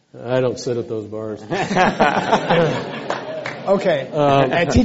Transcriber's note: laughter